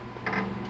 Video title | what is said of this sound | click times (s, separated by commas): Ford Fiesta/Focus Automatic Transmission Issues. Removal. Clutch Reset. Fix | and then you're gonna hear it click | 0.3 s